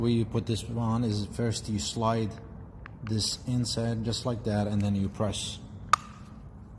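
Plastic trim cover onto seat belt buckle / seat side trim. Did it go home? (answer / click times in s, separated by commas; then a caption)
yes / 5.9 s. On a 2001 Honda Accord, during a repair for an airbag SRS light code 9-3 from a faulty driver's seat belt buckle switch, a plastic trim cover is slid in and then pressed back over the seat belt buckle and seat side trim while a man talks. It snaps home with a sharp click at 5.9 s, and the cover is seated.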